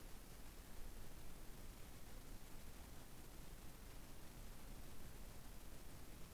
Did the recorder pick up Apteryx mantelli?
no